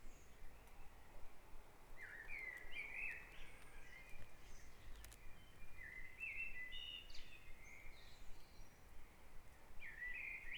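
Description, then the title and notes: Bird song: short warbled phrases around two to three seconds, again around six to eight seconds and at the very end, over a steady background hiss. Dawn chorus at Back Dragon Avenue, Harrogate. "Dawn Chorus // Back Dragon Avenue, Harrogate. Sound Map Of Harrogate"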